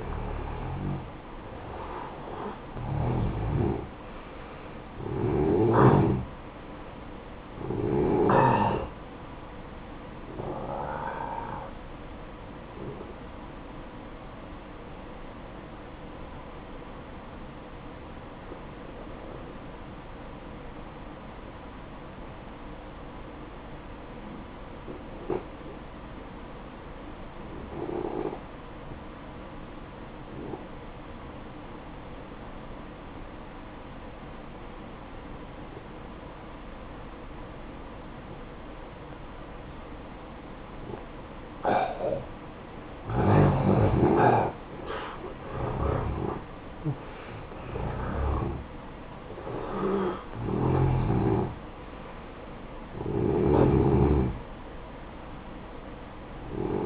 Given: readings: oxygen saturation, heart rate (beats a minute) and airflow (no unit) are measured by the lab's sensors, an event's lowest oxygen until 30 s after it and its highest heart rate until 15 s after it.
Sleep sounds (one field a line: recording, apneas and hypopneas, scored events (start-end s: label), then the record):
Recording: breathing in sleep by a voice recorder at the bedside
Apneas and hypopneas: 1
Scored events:
11.00-56.86 s: new sleep stage, N1 (lightest sleep)
20.00-45.00 s: obstructive apnea (N1, oxygen 94% highest, then 86% lowest, heart rate 57 at the start, 72 highest)
From the record:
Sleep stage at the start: N2 (light sleep)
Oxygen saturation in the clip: 88 to 94%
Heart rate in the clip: 56 to 72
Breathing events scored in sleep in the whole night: 573 in 9.8 hours asleep